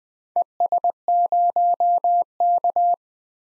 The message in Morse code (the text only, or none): ES0K